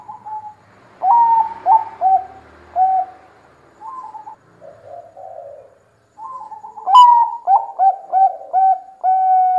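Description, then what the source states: Zebra dove cooing phrases of short, soft notes, one fainter and muffled in the middle, then a loud clear run ending in a drawn-out coo. Zebra dove song used as a lure; bird in full, lively song.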